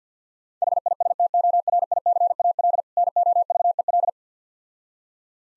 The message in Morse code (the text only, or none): HISTORICAL NOVEL